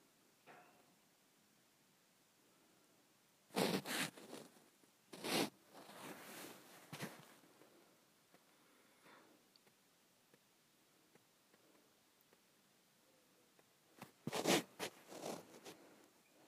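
Lotion is squeezed from a nearly empty bottle in sharp, sputtering bursts around 4, 5 and 14–15 seconds, with softer squishing between and quiet pauses.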